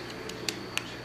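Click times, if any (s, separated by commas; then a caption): none. A phone battery is handled into the rear battery compartment of an HTC EVO 4G smartphone, with a few short, faint clicks heard at about 0.3, 0.5 and 0.8 seconds over a quiet background. Nothing has seated or clicked into place yet.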